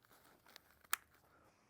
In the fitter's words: until you hear it click into place